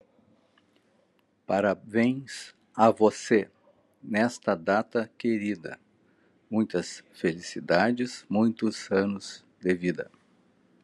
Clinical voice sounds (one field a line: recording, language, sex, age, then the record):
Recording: short text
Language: Brazilian Portuguese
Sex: male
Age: 60 to 69 years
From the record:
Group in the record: control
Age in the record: 69 years